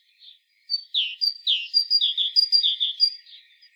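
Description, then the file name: Great tit gives a quick chattering run of high thin notes alternating with lower downslurred notes, on a quiet background. "Parus major"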